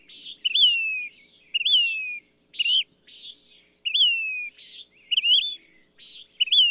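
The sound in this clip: Bird giving loud sliding whistles that jump up and trail downward, alternating with buzzy rasps, repeated several times.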